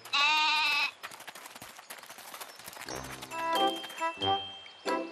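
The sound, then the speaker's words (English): A goat trying to eat a tulip lets out a loud, wavering bleat, followed by softer rustling and clinking, then several more short, bleating cries toward the end. “No, goat, stop! Don't eat the tulip!”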